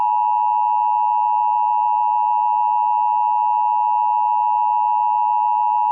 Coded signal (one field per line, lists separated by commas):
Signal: Emergency Alert System (SAME) tones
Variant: 853 and 960 Hz attention tone